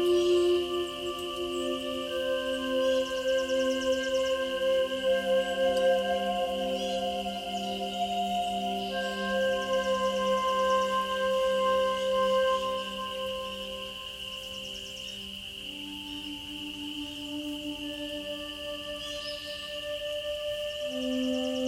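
Native American flute plays long, sustained notes that shift slowly between pitches over a soft, steady hiss, growing slightly quieter midway.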